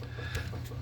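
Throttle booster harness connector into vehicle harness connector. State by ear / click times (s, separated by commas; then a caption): not seated / none. A plastic throttle booster harness connector for a Sprint Booster install on a Mercedes GLC 300, 43 or 63(s) is handled next to its mate on the vehicle harness connector. The clip holds only steady low hum and faint rustling, with no talk. Nothing has seated or clicked yet.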